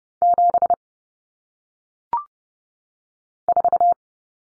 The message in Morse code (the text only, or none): 7 4